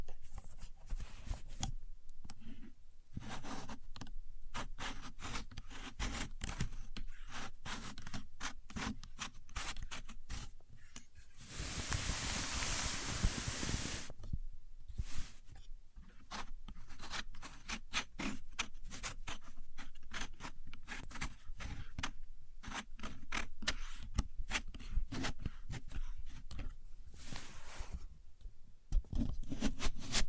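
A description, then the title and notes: A contour gauge's pins click and rattle in dense, uneven bursts, with a steady hissing rush from about 11 to 14 seconds. A Contour Gauge. No Talking.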